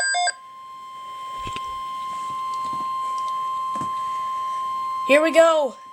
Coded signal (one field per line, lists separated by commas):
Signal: Emergency Alert System (SAME) tones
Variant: 1050 Hz attention tone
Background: speech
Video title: Severe Thunderstorm Watch #18 - SVA - EAS #5